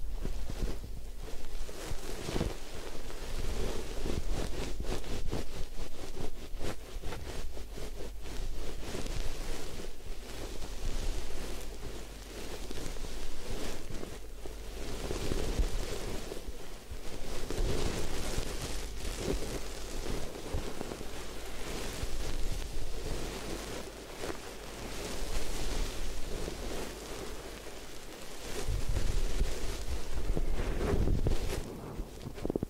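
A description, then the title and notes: A head spa hair wash with massage: a dense, steady rush like running water and scrubbing fills the whole stretch, broken by quick crackly rubbing strokes. A low hum sits underneath, and the sound eases slightly around the middle before building again. Head Spa Hair Wash, Massage, Ear Cleaning.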